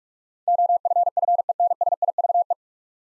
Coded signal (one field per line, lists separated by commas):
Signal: Morse code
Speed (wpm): 46 wpm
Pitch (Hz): 700 Hz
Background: none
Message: OFFENSIVE